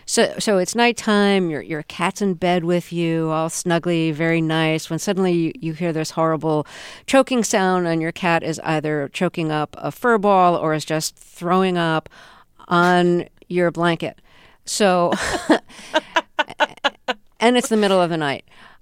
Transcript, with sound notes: So it's nighttime, your cat's in bed with you all snuggly, very nice, when suddenly you hear this horrible choking sound and your cat is either choking up a fur ball or is just throwing up on your blanket. So...
(LAUGHTER)
...and it's the middle of the night.